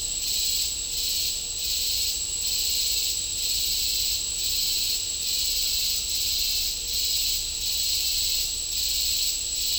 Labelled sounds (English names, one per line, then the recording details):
none
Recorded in dense forest near Puerto Asís, Putumayo, Colombia, on 20 December 2024 at 11:30
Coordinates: 0.499, -76.324
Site G045